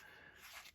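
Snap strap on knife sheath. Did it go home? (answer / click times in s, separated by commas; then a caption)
no / none. A snap strap on the nylon sheath of a Ritter / Hogue RSK Mk3 fixed-blade knife is being closed, but it is not fully snapped shut. Only a quiet, steady rustle is heard, swelling slightly from about 0.4 to 0.7 s before fading. The snap has not clicked closed yet.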